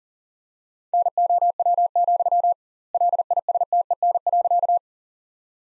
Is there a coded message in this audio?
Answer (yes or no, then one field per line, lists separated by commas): yes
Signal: Morse code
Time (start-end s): 0.9-4.8 s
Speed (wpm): 40 wpm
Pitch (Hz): 700 Hz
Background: none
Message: NOW, LISTEN.